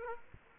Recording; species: mosquito wingbeat signal from an infrared sensor; Aedes aegypti